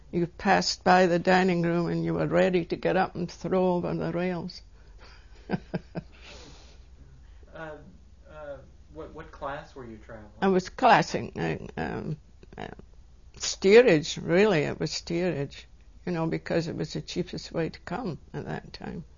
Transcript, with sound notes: You passed by the dining room and you were ready to get up and throw over the rails. (She laughs.)
What class were you traveling?
I was, steerage really, it was steerage, you know, because it was the cheapest way to come at that time.